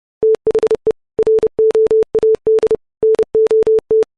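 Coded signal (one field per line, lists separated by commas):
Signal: Morse code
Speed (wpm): 30 wpm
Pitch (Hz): 440 Hz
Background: none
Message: THE ROAD NOT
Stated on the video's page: Software-generated Morse at 30 WPM, sine wave, 440 Hz pitch, 44100 Hz 16-bit wave file.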